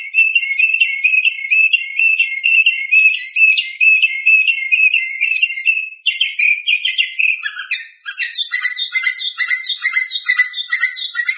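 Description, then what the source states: Bird song: a fast, continuous high trill of scratchy notes for several seconds, then a choppier chatter that jumps between two pitches. Masteran tutor recording.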